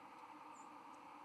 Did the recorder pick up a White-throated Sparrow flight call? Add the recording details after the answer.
no. Another species' flight call is heard. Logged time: 04:01 on 13 November 2014